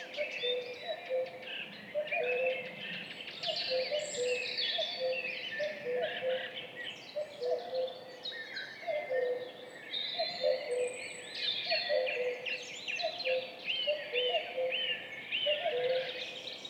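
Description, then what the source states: Common cuckoo calls, two birds trading steady two-note cu-coo phrases, with a lively dawn chorus of high chirping songbirds above. Duet of two cuckoos at dawn, 5:20, 14 May 2019, in spring, on Piste aux espagnols, Val Maravel; stereo recording made with a MixPre-3 and MKH 8020 microphones.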